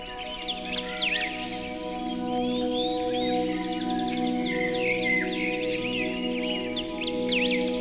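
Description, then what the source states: Several birds singing busy runs of sharp chirps and downswept whistles above continuous layered musical chords. Tranquil birdsong mixed with music.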